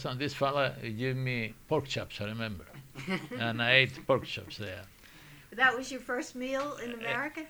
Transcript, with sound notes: This fellow give me pork chops, I remember. ( they laugh ) And I ate the pork chops there.
That was your first meal in America?